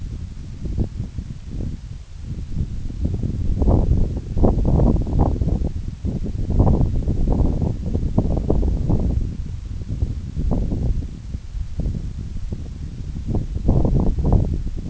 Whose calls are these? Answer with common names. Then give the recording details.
none. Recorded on Arctic tundra, site NAIT-1, on 26 June 2019. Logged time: 16:00